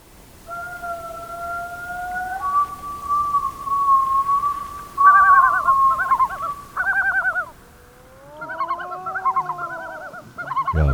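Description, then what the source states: Yellow-billed loon wailing: long drawn-out howling notes that hold and rise slightly, then break into wavering, yodelling phrases. Calls given at breeding grounds on small tundra lakes; poetic, far-carrying, howling or sometimes yodelling sounds.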